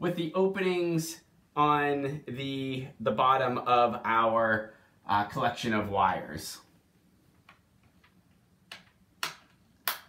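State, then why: Seated. Someone talks for the first six and a half seconds while lining up the prongs of the plug on a hardwired wire harness with the openings in the base of a First Alert Photoelectric 7010 smoke alarm. Several short ticks follow, growing louder around 8.7 and 9.2 seconds, as the plug is pushed in. It clicks and seats in the alarm base at 9.9 seconds.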